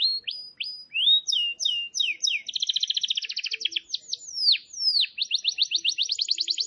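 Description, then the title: Canary in continuous varied song: whistled notes swooping up and down, mixed with fast rattling trills and high sweeping phrases, with no pause. Wild canary with long, energetic song, used to train caged canaries to sing. "Pikat Kenari GACOR PANJANG INI Cocok Untuk Masteran KENARI LIAR"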